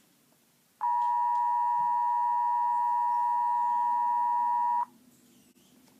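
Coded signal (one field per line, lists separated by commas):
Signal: Emergency Alert System (SAME) tones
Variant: 853 and 960 Hz attention tone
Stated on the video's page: Fictional EAS scenario for a dam failure.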